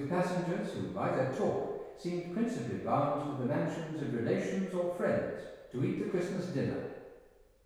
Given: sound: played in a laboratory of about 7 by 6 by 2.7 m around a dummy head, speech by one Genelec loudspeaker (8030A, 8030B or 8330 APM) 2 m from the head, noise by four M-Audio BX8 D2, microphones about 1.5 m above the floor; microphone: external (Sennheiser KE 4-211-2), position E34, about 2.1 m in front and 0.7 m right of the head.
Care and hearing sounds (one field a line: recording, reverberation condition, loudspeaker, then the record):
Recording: male speech in English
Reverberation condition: high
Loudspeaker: 30 degrees to the left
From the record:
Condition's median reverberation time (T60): about 1300 ms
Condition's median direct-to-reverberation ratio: about -4.0 dB